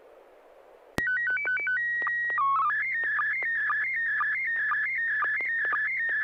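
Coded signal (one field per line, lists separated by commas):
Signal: SSTV (slow-scan television)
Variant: PD 120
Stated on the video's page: SSTV net on an FM repeater at 441.300 MHz, images sent with MMSSTV software.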